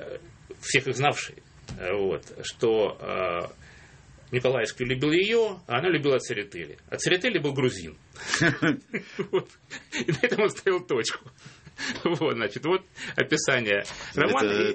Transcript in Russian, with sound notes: - всех их знавший, вот, что Николаевский любил ее, а она любила Церетели. А Церетели был грузин. (смех) И на этом он ставил точку. Вот, значит, вот описание романа и…